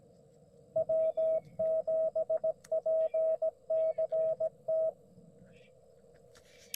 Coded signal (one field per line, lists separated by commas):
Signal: Morse code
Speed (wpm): 18 wpm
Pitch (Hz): 640 Hz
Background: none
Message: W7PCT